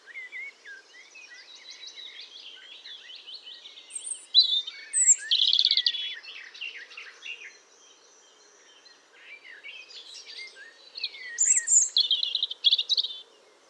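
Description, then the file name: European robin singing a long, varied sequence of soft, scratchy twitters, then louder, shrill trilled bursts, with a brief pause before another bright phrase. "Erithacus rubecula"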